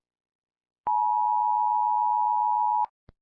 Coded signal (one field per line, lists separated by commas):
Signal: Emergency Alert System (SAME) tones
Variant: 853 and 960 Hz attention tone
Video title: EAS Scenario | Hurricane Kimberly |